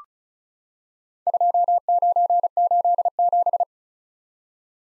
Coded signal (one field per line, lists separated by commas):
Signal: Morse code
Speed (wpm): 36 wpm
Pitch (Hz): 700 Hz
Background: none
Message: 2987